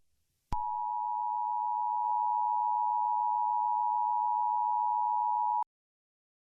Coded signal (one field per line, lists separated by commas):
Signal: Emergency Alert System (SAME) tones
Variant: 853 and 960 Hz attention tone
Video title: Winters Curse: A EAS Scenario